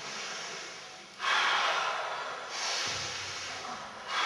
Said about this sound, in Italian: Respiro profondo, inspirare dal naso molto e buttare tutto di colpo, in modo tale che rimanga una sorta di come si chiama, di annasco, no? Che vi costringe ad aprire, e piano piano vi trovate la calma.